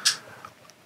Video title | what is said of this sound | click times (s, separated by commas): ANKER GaNPrime 2022 Fast Charger Lineup ⚡ | the the foldable plug here snaps into place doesn't look like it'll Buckle very easily | 0.5 s, 0.7 s